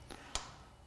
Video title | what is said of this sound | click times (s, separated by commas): Crank Removal and Installation - Two Piece Compression Slotted (Hollowtech II, FSA) | Tighten until one side clicks, tighten the | 0.3 s